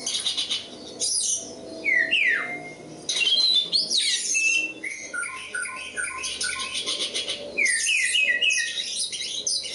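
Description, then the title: Oriental magpie-robin singing a varied run of clear whistles, slurred rising and falling notes and quick buzzy chatter, with short pauses between phrases. Competition kacer poci, national champion; singing gacor with 'nembak' and 'ngerol' styles; seven kinds of kacer sound every three minutes. "Kacer Poci Gacor Nembak Dan Ngerol Juara Nasional. 7 macam suara kacer setiap 3 menit"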